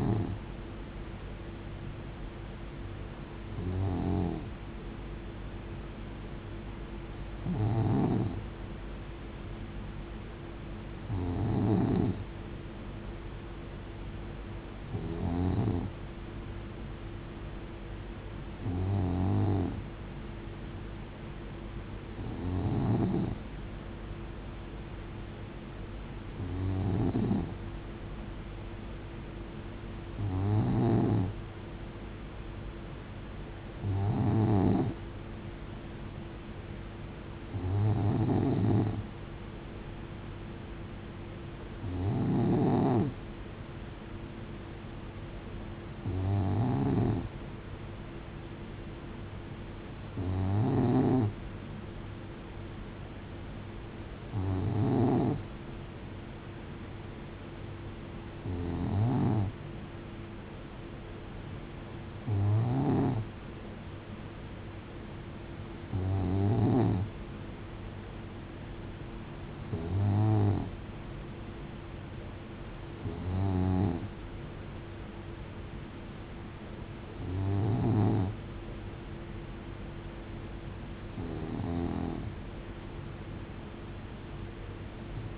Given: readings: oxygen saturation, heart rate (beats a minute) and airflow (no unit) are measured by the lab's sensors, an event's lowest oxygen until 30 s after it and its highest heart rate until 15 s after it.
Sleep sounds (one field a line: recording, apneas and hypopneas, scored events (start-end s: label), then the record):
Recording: breathing in sleep by a voice recorder at the bedside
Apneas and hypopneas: none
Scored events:
none scored
From the record:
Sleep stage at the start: N2 (light sleep)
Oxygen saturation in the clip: 92 to 93%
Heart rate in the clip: 67 to 74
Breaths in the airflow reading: 22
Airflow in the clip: -6.7 to 4.8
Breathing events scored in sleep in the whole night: 389 in 6.3 hours asleep